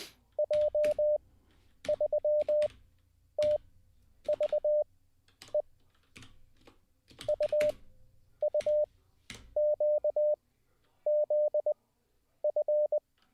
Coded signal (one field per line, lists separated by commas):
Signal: Morse code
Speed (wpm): 20 wpm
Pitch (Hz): 600 Hz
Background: none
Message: J3TVE UUQZF